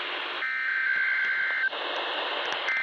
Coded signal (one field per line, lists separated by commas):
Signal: Emergency Alert System (SAME) tones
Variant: header bursts